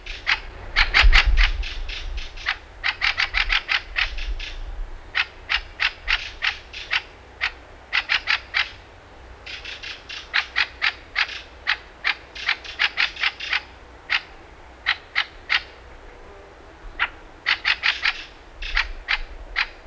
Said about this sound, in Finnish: Räkättirastas ilmaisee itseään kirskunnalla ja narskunnalla.